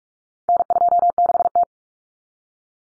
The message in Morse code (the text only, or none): N26T